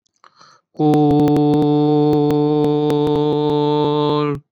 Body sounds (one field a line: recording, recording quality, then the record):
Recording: sustained vowel as in boot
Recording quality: excellent, no background noise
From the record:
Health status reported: exposed to COVID-19, no respiratory illness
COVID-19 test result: negative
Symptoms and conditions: fatigue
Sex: female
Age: 29 years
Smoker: not ticked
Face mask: not worn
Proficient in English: yes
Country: India